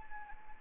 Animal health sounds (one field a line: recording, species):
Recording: mosquito wingbeat signal from an infrared sensor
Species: Anopheles arabiensis